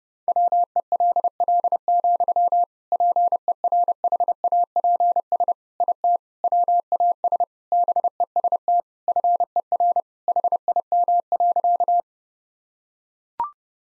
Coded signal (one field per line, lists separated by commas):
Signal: Morse code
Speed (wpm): 32 wpm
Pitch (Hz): 700 Hz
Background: none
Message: WELL, PERHAPS IT WAS BEST FER HIM.